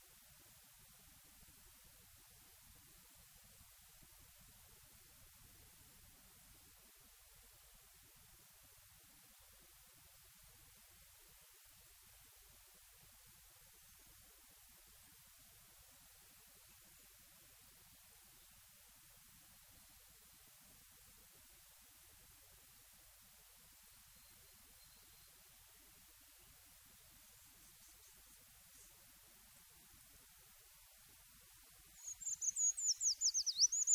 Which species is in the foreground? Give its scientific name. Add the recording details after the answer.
Certhia familiaris. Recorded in the wild. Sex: male. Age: adult. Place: Erlangen, Bayern, DE. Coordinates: 49.5686, 11.0064. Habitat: forest. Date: 1965-06-18. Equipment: Original, Vollspur, Parabolspiegel Grampian. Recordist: Tretzel, Erwin